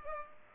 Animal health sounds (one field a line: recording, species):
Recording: mosquito wingbeat signal from an infrared sensor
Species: Culex pipiens